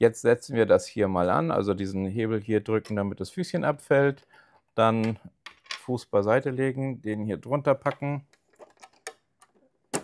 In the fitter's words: einrasten lassen, Faden nach hinten legen, den Knopf